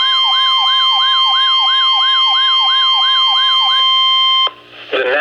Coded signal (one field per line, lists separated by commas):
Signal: Emergency Alert System (SAME) tones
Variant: 1050 Hz attention tone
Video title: Severe Thunderstorm Warning #2 - 09/25/16 (EAS #1,228)